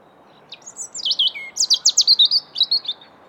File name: Erithacus rubecula